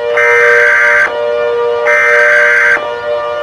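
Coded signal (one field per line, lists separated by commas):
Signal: Emergency Alert System (SAME) tones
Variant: header bursts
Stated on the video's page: Fictional EAS scenario using valid EAS tones.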